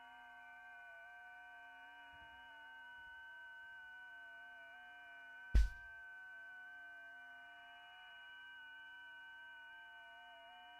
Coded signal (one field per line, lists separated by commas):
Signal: FT8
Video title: HAM RADIO- Sunday Funday Checkin. Q&A?